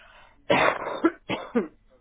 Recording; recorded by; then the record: voluntary cough; telephone call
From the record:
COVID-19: positive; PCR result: self-reported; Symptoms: yes